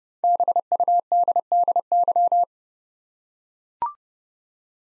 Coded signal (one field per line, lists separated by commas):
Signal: Morse code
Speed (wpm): 30 wpm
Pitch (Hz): 700 Hz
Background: none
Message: BUDDY